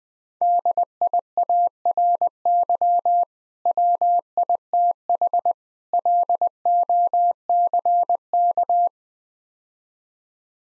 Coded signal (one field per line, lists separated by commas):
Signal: Morse code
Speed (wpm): 20 wpm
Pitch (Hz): 700 Hz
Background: none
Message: DIARY WITH LOCK